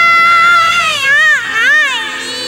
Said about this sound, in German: Ein kläglich jammernder Katzenschrei schallte über den Parkplatz. Doch niemand hörte es, denn bei der Tankstelle dudelte das Radio.